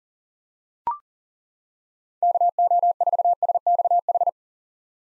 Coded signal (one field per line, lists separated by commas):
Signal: Morse code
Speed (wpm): 40 wpm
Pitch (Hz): 700 Hz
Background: none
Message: KO4SXH